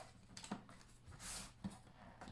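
The plastic bottom cover of an HP Pavilion laptop is pressed back onto the chassis after a battery swap, and its retaining clips snap into place with sharp clicks at 0.4, 0.4, 0.7 and 0.8 seconds. A soft rushing noise follows around 1.3 seconds, with a few fainter knocks later. The cover is seated.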